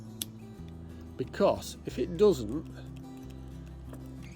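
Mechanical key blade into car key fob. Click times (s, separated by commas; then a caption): 0.2 s. A metal key blade for an ID3 car key fob is pushed back into the plastic fob housing until it latches. A sharp click is heard at 0.2 seconds as the blade seats. Someone then talks over quiet background music.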